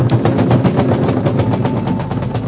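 A crowd at a Buddhist gathering applauds loudly and steadily to see off a venerable monk after his opening speech, many hands clapping in a dense, continuous wash of sharp claps that holds at full strength throughout, with no voices.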